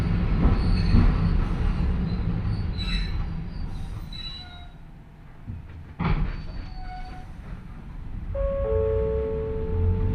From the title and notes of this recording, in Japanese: 万葉線 高岡駅→越ノ潟。電車は吊りかけモーターなので中々の唸りをあげています。